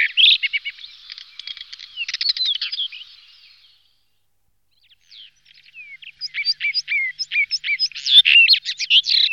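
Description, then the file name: Common rock thrush singing rapid scratchy trills and fluty whistled notes, falling quiet for about two seconds before resuming a lively varied warble. "skalník-zpěvný"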